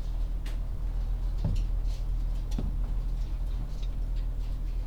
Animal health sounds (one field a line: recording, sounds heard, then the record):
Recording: poultry house recording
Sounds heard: no chicken sound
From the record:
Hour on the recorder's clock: 13